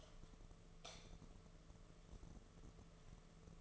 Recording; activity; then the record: daily activity, microphone in the room; light on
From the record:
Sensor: 4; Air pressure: 1015.6 hPa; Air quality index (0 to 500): 180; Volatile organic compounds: 8 ppm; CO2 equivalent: 2085 ppm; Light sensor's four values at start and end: 22/53/23/24 and 23/56/24/26